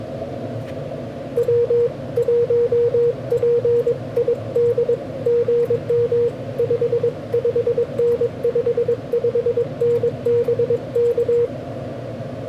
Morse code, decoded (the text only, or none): W1PID GM 55N 55N BK